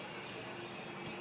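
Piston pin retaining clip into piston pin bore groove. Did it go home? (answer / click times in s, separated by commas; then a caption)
yes / 0.3 s. A metal piston pin retaining clip for a DT466E piston and rod is collapsed and pushed into its groove in the piston pin bore to lock the pin. A short, sharp click at 0.3 s rises above a steady background hiss as the clip seats in the groove.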